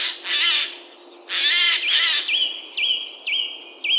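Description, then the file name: Eurasian jay giving several harsh, tearing screeches, then a run of short upslurred whistled notes repeated about every half second. "Garrulus glandarius"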